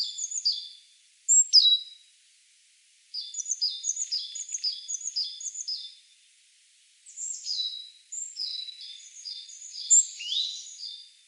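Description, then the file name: Great tit calling in runs of high, thin notes, several twittering phrases with short pauses between bursts, no other sounds. "Parus major"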